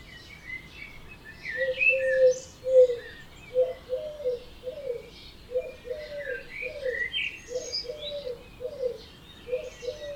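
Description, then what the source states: Birds in chorus, a lower bird repeating short low notes beneath higher overlapping chirps and whistles. Dawn chorus recorded at 4am in Oberhofen, Inntal valley, Austria; binaural recording.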